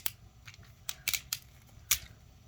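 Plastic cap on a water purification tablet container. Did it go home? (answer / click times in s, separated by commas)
partly / 1.9 s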